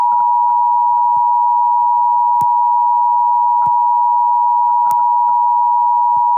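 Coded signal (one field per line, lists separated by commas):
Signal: Emergency Alert System (SAME) tones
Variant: 853 and 960 Hz attention tone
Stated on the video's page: Fictional EAS scenario made for entertainment.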